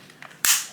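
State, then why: Seated. The trigger guard on a Ruger Mini-14 rifle's trigger group is pressed all the way down until it snaps shut, locking the trigger group into the rifle stock. A few faint ticks at 0.1 and 0.2 s lead to one sharp, bright click at 0.5 s that rings off over the rest of the clip. The guard is latched and the trigger group is seated, with the rifle reassembled except for the forward hand guard.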